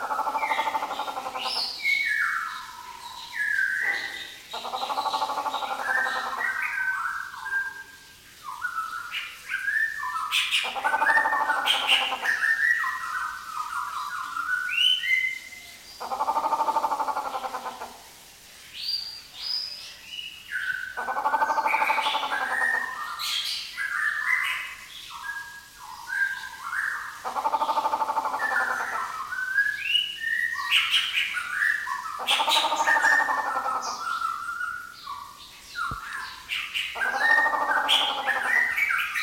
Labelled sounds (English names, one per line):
Grey Peacock-Pheasant